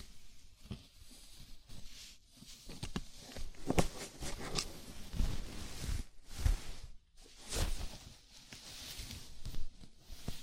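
A scalp massage: fingers rub and scratch through hair in a dense, uneven stream of soft rustling and crackling. Strokes come in bursts with brief pauses, the sharpest scratches near 4, 6.5 and 7.5 seconds, and small taps and thumps sit underneath.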